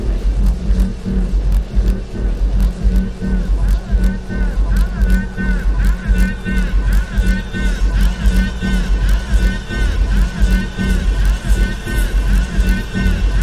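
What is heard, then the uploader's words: A busy market crowd in Burkina Faso talks all at once, a dense, steady wash of overlapping voices with no pauses. A low rumble runs underneath, and repeated bright wavering calls rise above the chatter through most of the clip, alongside scattered sharp clicks and knocks. Busy walla crowd. I carefully cut six loops from the original recording of sounds that worked for me, then layered them up in Ableton live and jammed with them, adding outboard effect into the mix. Burkina Faso market reimagined by David Webb.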